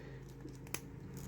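An alternate plastic helmeted head is pushed by hand onto the ball-joint neck peg of a Marvel Legends Thor: Love and Thunder Mighty Thor action figure. A faint tick comes just before a single sharp pop at 0.7 s, over a low steady background hum. The head seats on the peg.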